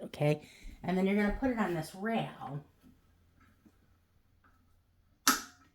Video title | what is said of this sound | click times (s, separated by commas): CRICUT VENTURE UNBOXING!!! Eeeeeek!!! You are going to LOVE this machine!!! Must Watch Video!!! | See how it clicks right in there? | 5.3 s